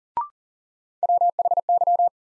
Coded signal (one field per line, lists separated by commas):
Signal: Morse code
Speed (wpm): 40 wpm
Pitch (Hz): 700 Hz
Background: none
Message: WHY